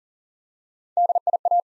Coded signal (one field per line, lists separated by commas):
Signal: Morse code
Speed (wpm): 39 wpm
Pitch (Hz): 700 Hz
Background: none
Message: DIA